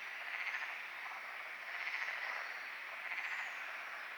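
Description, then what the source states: Frog chorus with three short louder bursts of rattling croaks above a steady wash of calling. Frogs calling at night at Lagoa do Congro; binaural recording with EQ applied.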